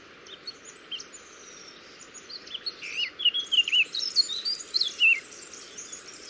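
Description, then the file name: Eurasian blackcap song: quiet scratchy twitters build after a few seconds into a fast, varied warble of clear, twisting notes, ending abruptly near the close, with a steady background hiss. "Sylvia atricapilla"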